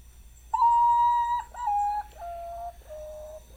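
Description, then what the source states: Common Potoo giving a whistled series of four long notes, each a little lower than the last, with short gaps between. Call likened to a first try at an ocarina, going just below its register and not quite hitting the low notes, in tune for the first half.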